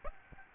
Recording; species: mosquito wingbeat signal from an infrared sensor; Aedes aegypti